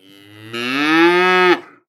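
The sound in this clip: Cow mooing: one long, loud, rich moo lasting about one and a half seconds, starting low and swelling, the tone rising slightly before breaking off abruptly.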